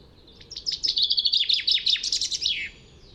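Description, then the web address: Bird song: a quick twittering series of high notes with sharp downslurs, running for just over two seconds before stopping, steady background hiss. "Bird Only"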